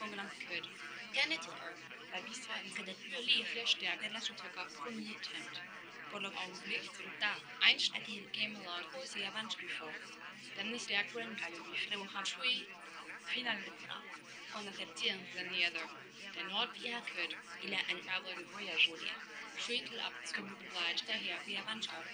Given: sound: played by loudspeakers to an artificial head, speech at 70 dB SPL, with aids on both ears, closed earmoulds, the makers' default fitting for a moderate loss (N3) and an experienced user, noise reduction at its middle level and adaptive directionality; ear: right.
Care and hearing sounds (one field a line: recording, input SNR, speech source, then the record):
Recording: speech test signal (ISTS) in cocktail-party noise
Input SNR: -3 dB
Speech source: in front (0 degrees)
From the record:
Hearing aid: class 2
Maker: F